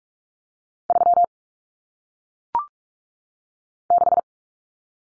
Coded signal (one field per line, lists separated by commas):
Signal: Morse code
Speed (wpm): 44 wpm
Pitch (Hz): 700 Hz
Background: none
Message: 3 6